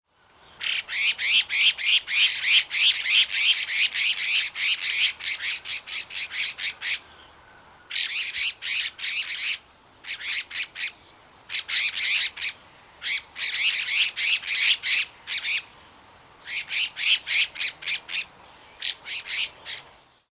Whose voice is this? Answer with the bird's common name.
Red-faced Liocichla